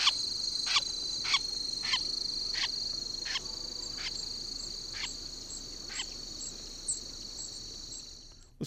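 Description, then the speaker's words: Wilson's Snipe giving harsh, scratchy flush calls, a series of rasping bursts that fade later, with a constant high-pitched whine underneath. Flush call given when the bird is scared off the ground, heard most often on wintering grounds in the Deep South; wing beats audible as the microphone was close. "First, let's listen to the snipe's flush call when scared off the ground."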